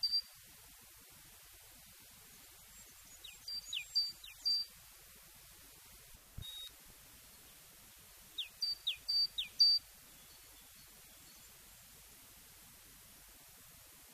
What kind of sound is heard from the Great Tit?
song